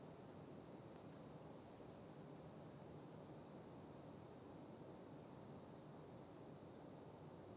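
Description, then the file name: European robin ticking calls: a burst of four high notes, a softer triplet, then two more rapid runs spaced a few seconds apart. "Erithacus rubecula"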